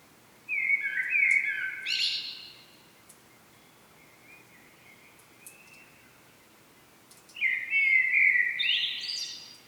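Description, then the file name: Common blackbird delivering two fluted song phrases several seconds apart, each closing with a squeaky high-pitched flourish, with only faint notes in between. "Turdus merula"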